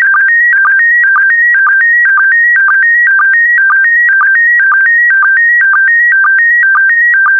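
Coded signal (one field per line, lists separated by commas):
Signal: SSTV (slow-scan television)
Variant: PD120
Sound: steady warbling tone stepping between two pitches, with a short low chirp twice a second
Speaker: Starting transmission in 5, 4, 3, 2, 1. Transmission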